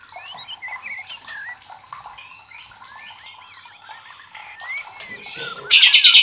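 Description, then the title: White-rumped shama song: many varied whistled slurs and twisting notes, ending in a loud harsh rattle. Masteran training recording for caged birds, labelled Labaik. "MURAI BATU LABAIK"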